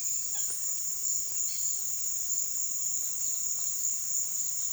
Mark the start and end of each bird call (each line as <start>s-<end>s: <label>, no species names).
0.00s-1.73s: bird call